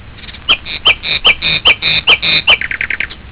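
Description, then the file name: Bird calls, a series of short harsh chirps repeated two or three times a second, speeding into a quick rattling run at the end. "uccelli"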